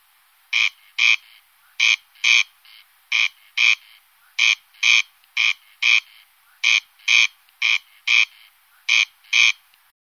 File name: Chřástal-polní